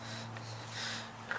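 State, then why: Not seated. A rubber spark plug wire boot is handled over the spark plug terminal of a small Honda EU2000i portable generator engine while it is prepared for long-term storage; nothing has seated or clicked yet. A steady low hum runs under faint rubbing and handling noise, with a brief sharp tap near 1.3 seconds at the very end.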